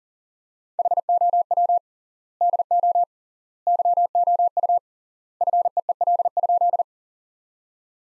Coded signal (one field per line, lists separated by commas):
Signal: Morse code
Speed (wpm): 40 wpm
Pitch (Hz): 700 Hz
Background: none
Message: HOW DO YOU FEEL?